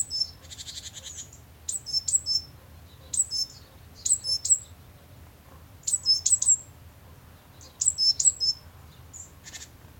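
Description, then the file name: Great tit calls: clusters of short, very high, thin chirping notes in quick bursts, repeated irregularly about every one to two seconds, with faint low background hum. "Parus major"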